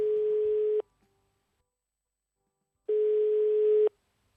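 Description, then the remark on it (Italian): Two long steady electronic tones, each about a second, separated by a couple of seconds of silence, the repeating pattern of a phone ringing on the line while waiting for an answer. “Ho preso il telefono e ho chiamato Aldo, il suo ex.”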